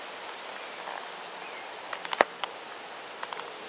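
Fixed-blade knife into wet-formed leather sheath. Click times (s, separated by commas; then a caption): 2.2 s. A fixed-blade knife is pushed into a wet-formed leather sheath. A few light clicks around 1.9 to 2.4 s lead to one sharp snap at 2.2 s as the formed retention grips the blade and it seats home, with a couple of faint ticks near 3.2 s over steady low background noise.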